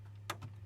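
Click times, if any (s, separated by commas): 0.3 s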